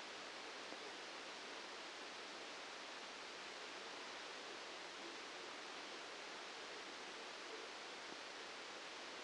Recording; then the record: brain microelectrode recording played as sound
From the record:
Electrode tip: outside the subthalamic nucleus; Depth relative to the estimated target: -8 mm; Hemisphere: left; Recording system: NeuroSet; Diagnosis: Parkinson's disease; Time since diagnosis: 9 years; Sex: male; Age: 56 years